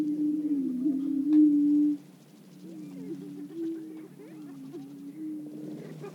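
Greater prairie-chicken booming is strong for two seconds, then drops away to a fainter, wavering low hooting with light scattered calls.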